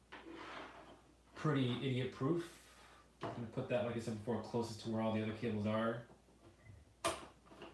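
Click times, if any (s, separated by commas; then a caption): 7.6 s. Someone talks while a modular PCIe GPU power cable is pushed into a Corsair power supply socket. Its plastic latch clicks at about 7.6 seconds, and the cable is seated.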